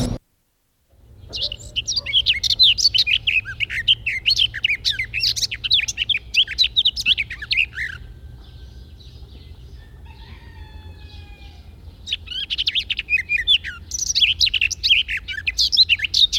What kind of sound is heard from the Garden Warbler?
song